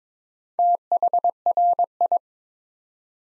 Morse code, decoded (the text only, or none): THRI